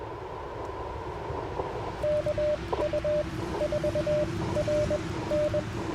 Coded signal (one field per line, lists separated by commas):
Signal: Morse code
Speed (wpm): 20 wpm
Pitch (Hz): 600 Hz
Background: none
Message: KU4RN